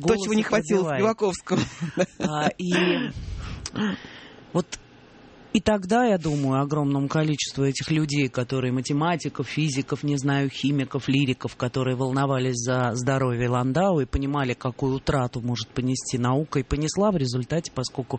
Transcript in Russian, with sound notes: То, чего не хватило Спиваковскому (смеется) И тогда, я думаю, огромному количеству этих людей – математиков, физиков, не знаю, химиков, лириков, которые волновались за здоровье Ландау и понимали, какую утрату может понести наука, и понесла в результате, поскольку